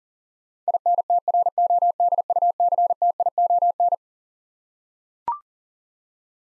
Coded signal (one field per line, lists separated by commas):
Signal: Morse code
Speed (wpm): 37 wpm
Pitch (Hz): 700 Hz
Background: none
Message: INTRODUCTION